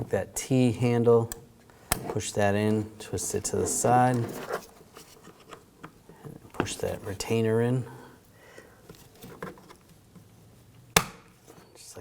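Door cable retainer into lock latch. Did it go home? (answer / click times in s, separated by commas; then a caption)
yes / 11.0 s. Someone talks while the T-handle end of a door cable is pushed into the front door lock latch of a 2011-2018 Volkswagen Jetta and twisted to the side, followed by soft scraping and tapping sounds. The cable's plastic retainer is pushed into the latch, and a sharp click at 11.0 s confirms the retainer is seated.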